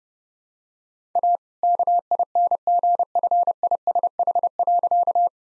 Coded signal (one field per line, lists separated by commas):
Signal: Morse code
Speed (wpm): 30 wpm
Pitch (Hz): 700 Hz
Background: none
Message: A KINGFISH.